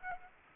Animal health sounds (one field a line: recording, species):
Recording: mosquito wingbeat signal from an infrared sensor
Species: Aedes aegypti